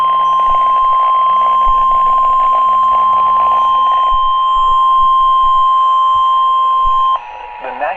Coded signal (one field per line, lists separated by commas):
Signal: Emergency Alert System (SAME) tones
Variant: 1050 Hz attention tone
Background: speech